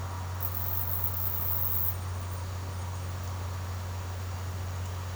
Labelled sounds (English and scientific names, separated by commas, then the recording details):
none
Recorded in secondary vegetation near Puerto Asís, Putumayo, Colombia, on 24 March 2025 at 12:30
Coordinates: 0.468, -76.324
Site G059